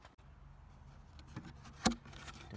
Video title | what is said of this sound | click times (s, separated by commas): Rear Power Outlet FUSE Hyundai Tucson Where to find How to DIY Rear charging port | click make sure it looks tight you don't want any water or debris getting in there | 1.9 s